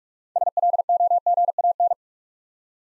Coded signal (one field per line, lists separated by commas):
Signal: Morse code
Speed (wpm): 44 wpm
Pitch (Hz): 700 Hz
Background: none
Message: SLOGAN